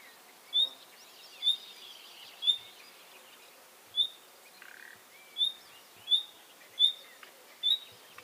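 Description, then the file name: Common nightingale repeating a thin, high whistled note several times at uneven intervals, with a few soft lower notes between; quiet background otherwise. "Luscinia megarhynchos"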